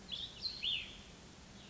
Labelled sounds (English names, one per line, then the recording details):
Cassin's Vireo
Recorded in Sonoma County, California